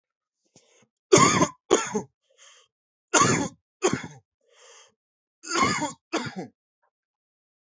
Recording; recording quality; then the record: heavy voluntary cough; excellent, no background noise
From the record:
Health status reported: healthy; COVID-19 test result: not tested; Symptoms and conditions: sore throat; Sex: male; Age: 27 years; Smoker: not ticked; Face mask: not worn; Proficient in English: yes